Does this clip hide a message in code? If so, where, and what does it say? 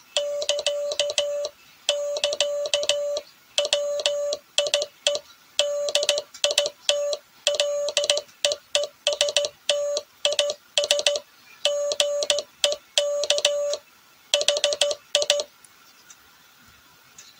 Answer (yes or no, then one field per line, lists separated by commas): yes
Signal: Morse code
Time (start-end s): 0.2-15.4 s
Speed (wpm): 16 wpm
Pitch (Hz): 580 Hz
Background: none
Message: <KA> <KA> WIE DIT LEEST IS GEK HI